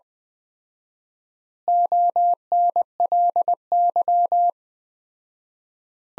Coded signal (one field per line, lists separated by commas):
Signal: Morse code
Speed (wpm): 20 wpm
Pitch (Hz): 700 Hz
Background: none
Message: ONLY